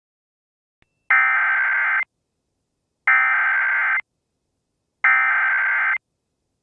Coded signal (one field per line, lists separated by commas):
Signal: Emergency Alert System (SAME) tones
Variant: header bursts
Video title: EAS Mock: A Meteorite Impact?